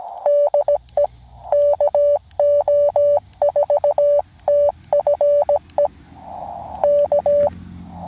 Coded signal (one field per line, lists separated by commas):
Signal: Morse code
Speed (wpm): 17 wpm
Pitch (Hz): 580 Hz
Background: none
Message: DE KO4TFE K